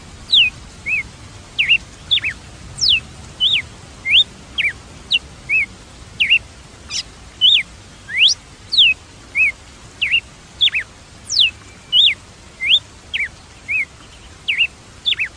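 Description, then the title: Red-cowled cardinal singing a long run of loud whistled notes, mixing steep sweeps with short rounded slurs. "Galo de Campina"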